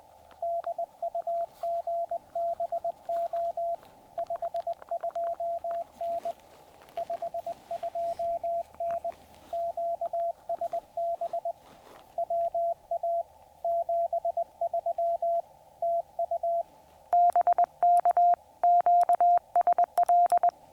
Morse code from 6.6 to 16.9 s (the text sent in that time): 52N QSB WA 73 TU